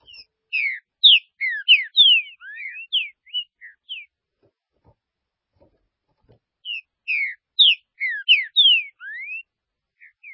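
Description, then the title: Green-winged saltator singing two long phrases of loud slurred whistles, falling notes mixed with a rising upslur, separated by a quiet gap. "Trinca Ferro"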